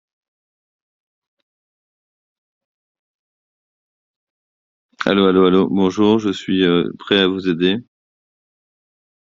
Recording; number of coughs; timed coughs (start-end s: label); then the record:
no coughing; 0
none
From the record:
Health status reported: healthy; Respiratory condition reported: no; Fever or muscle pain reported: no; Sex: male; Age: 41 years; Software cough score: 0.74